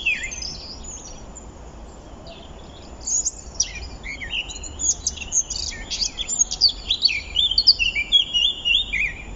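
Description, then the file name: Eurasian blackcap song, a quiet start, then a rapid scratchy warble of high, jumbled notes with a few lower fluty slurs, growing louder toward the end. "Sylvia atricapilla"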